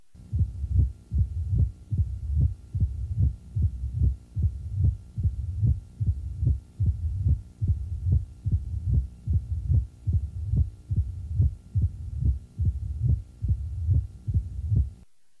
A low frequency murmur in diastole that is decrescendo and crescendo. It is initiated by an opening snap.